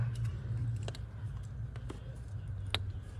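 A replacement shifter cable bushing is pushed into the transmission shift lever of a 2013-2014 Ford Fusion that was stuck in park. Faint ticks sound over a low steady hum, then a sharp, much louder click at 2.7 s as the bushing locks in place. The bushing sits flush and is seated.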